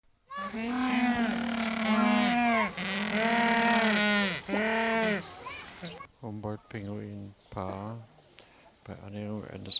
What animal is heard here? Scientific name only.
Spheniscus humboldti